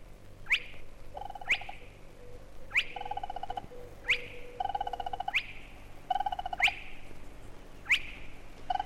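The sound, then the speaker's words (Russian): A spotted crake, heard at night on the outskirts of a town, gives a sharp, abrupt, low whistle from one ditch and then another as it walks through the town. The whistle repeats about seven times at a steady pace of roughly one per second, over softer buzzing trills and a low background hum. “Это шел через город погоныш, болотная курочка.”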